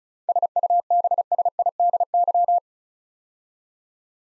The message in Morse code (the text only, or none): SUBSIDY